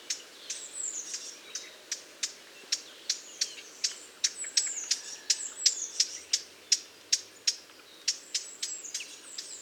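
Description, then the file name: Eurasian blackcap tacking rapidly, hard clicks coming roughly three per second, while other birds whistle and warble faintly behind. "Sylvia atricapilla"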